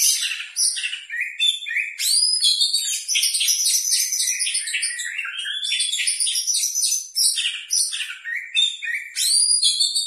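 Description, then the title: Oriental magpie-robin singing a fast, varied jumble of sharp chirps, rising and falling whistles and buzzy trills, almost without a break. "Kacer"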